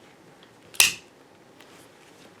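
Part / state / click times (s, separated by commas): folding knife blade into open lock / seated / 0.8 s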